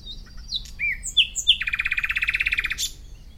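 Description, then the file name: Common nightingale phrase opening with several clear, slurred whistles, then breaking into a loud, rapid pulsing rattle, ending in a sharp high note. "Luscinia megarhynchos"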